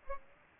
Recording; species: mosquito wingbeat signal from an infrared sensor; Aedes aegypti